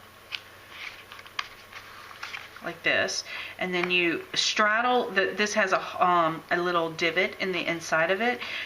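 A die-cut paper easel support tab is pushed through its slot on a card stand and pops through with a sharp click at 1.4 s, seating in place. A few softer taps and rustles come before it, then someone talks for the rest of the clip.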